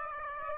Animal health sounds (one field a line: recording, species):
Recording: mosquito wingbeat signal from an infrared sensor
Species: Aedes aegypti